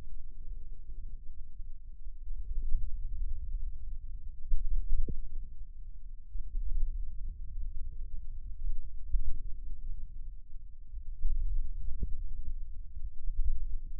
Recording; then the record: forearm muscle sounds (acoustic myography)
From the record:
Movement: wrist extension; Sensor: system 2, bracelet of six BSWA MPA416 microphones around the upper forearm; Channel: 1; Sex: male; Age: 22 years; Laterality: right